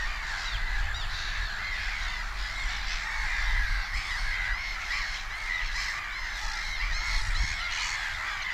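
Black-headed gull calls, repeated harsh arched cries from many birds overlapping, with steady low background rumble.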